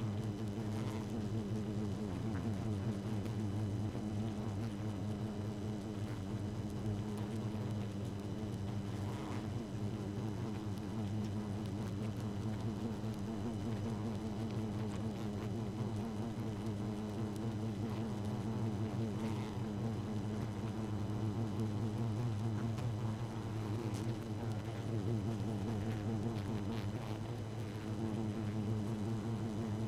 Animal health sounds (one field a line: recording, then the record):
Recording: honeybee colony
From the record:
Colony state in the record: active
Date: 12 June 2018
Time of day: 0:16